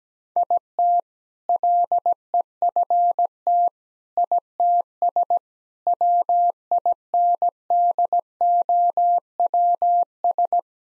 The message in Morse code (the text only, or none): IT LEFT ITS WINDOWS